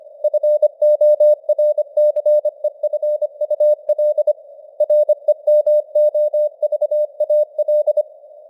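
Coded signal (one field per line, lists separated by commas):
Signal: Morse code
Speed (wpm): 25 wpm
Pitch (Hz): 600 Hz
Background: none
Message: FORCEFUL REMOVAL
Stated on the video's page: Morse code at 25 wpm with simulated radio noise and varying signal strength (QSB).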